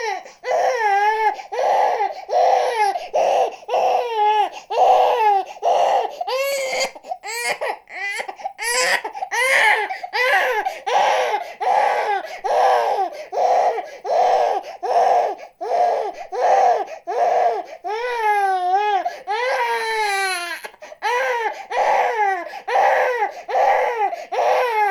Baby crying.